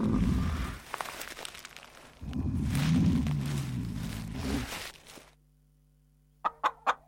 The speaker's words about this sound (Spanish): ¡Clo, Clo, adorado mío! ¡Cómo me alegro de verte! Cloqueó la gallina.